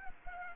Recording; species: mosquito wingbeat signal from an infrared sensor; Culex pipiens